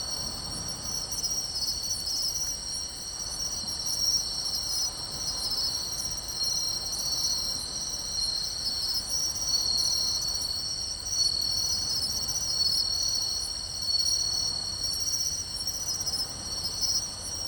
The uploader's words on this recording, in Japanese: 浜辺のマツムシ。胎内川の河口に近い浜辺の草地で録音したマツムシ、スズムシ、ハタケノウマオイの合唱。打ち寄せる波の音もいいアクセントになっています。ZOOM H6, Sennheiser MKH8020。